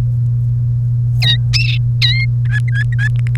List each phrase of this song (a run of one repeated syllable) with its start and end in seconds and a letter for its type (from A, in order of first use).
1.22-1.36 A, 2.02-2.25 A, 2.45-3.08 B, 3.19-3.36 C